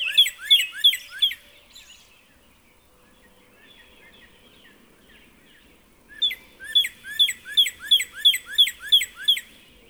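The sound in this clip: Northern cardinal song: two series of loud, downward-sweeping whistles, each note repeated about three times a second, divided by a quiet gap with faint bird chatter.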